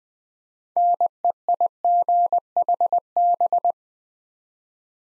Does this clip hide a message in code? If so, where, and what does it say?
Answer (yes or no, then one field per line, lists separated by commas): yes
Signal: Morse code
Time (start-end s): 0.8-3.7 s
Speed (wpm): 20 wpm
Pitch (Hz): 700 Hz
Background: none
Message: NEIGHB